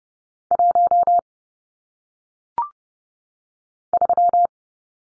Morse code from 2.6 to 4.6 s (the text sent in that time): 3